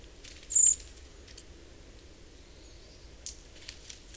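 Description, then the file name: Common blackbird with a single sharp, high-pitched thin note early on, then faint clicks and soft rustling against quiet background noise. "Turdus merula"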